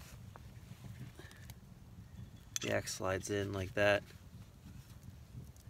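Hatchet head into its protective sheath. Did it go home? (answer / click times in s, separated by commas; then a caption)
no / none. A hatchet head is slid into its protective sheath during a quiet handling stretch, with only faint contact sounds while someone talks. Nothing has snapped or clicked into place yet.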